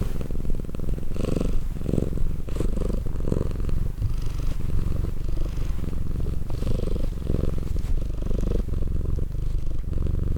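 Cat purring steadily, low throaty vibration swelling and easing with inhale and exhale across the whole stretch.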